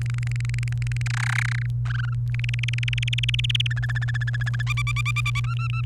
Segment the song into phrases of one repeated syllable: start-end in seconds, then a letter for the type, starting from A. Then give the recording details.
0.01-1.02 A, 1.06-1.66 B, 1.85-2.13 C, 2.34-3.67 D, 3.71-4.62 E, 4.67-5.40 F, 5.44-5.81 G. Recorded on 29 April 2018 at 06:19. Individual llb3